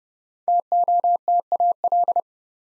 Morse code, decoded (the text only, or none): TOTAL